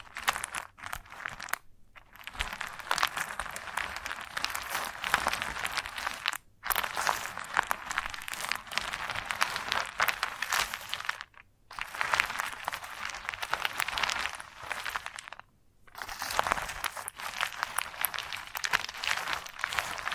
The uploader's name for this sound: Chalk Sounds Tapping, Scratching, Carving etc